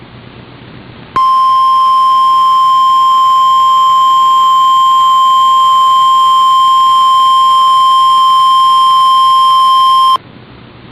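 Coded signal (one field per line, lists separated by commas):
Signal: Emergency Alert System (SAME) tones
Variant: 1050 Hz attention tone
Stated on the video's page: Required Weekly Test on NOAA Weather Radio, audio recorded off Weather Underground.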